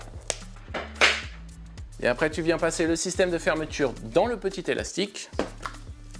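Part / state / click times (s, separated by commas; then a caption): ear cover clipping onto a helmet shell / seated / 0.3 s. A fleece-lined ear cover is clipped onto the side of a ski/bike helmet shell, with a sharp, loud snap at 0.3 s as it seats. Quieter taps follow, and someone talks over the rest of the clip.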